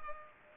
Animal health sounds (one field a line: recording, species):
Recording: mosquito wingbeat signal from an infrared sensor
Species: Culex pipiens